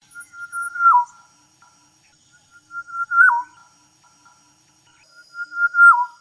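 Black-naped oriole singing clear whistled phrases, a steady note that drops sharply at the end, repeated three times at intervals of roughly two and a half seconds.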